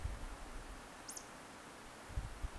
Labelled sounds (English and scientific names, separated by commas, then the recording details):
Eurasian Woodcock (Scolopax rusticola) whistle
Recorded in Baden-Württemberg, Germany, on 30 May 2021 at 20:02 UTC
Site 43323, 910 m above sea level